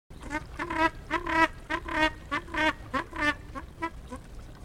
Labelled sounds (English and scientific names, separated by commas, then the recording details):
Southern Rockhopper Penguin (Eudyptes chrysocome) call
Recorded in captivity
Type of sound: call sequence
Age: adult
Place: Zoo Berlin, Berlin, DE
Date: 1959-01-21 15:20
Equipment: Reporter, Vollspur
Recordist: Tembrock, Günter
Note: Rufreihe, Abstand ca. 150 cm